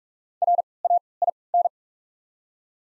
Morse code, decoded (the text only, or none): RAIN